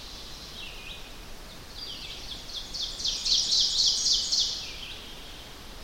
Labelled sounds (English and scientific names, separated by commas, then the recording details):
Ovenbird (Seiurus aurocapilla) song
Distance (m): 30 m
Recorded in boreal forest in Alberta, Canada, on 10 June 2016 at 07:02
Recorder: SongMeter 3, array SBT-3-39
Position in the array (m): 231 m, 95 m
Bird 17